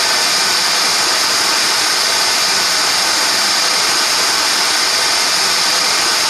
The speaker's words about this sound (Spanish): Esto que estamos escuchando es ruido rosa. ¿Escucharon alguna vez ruido rosa? Sí. Es feo.